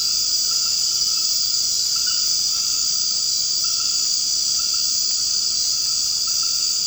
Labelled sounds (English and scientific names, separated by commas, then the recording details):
none
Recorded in secondary vegetation near Puerto Asís, Putumayo, Colombia, on 24 March 2025 at 23:00
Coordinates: 0.502, -76.326
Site G100